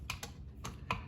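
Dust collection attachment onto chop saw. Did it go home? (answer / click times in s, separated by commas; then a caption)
yes / 0.9 s. A plastic dust collection attachment is pushed onto a chop saw. Four short, sharp plastic clicks sound at about 0.1, 0.2, 0.7 and 0.9 seconds. The attachment snaps in and locks into place at 0.9 seconds.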